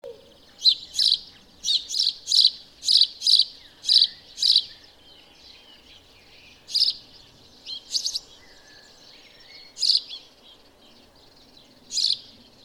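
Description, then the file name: House sparrow chirps: a run of about ten bright chips, a pause, then scattered chirps. "Passer domesticus"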